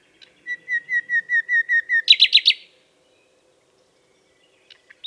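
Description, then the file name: Common nightingale song: a run of about eight evenly spaced piping whistles, followed by a quick burst of loud, buzzy high notes, then silence with faint chips at the end. "Luscinia megarhynchos"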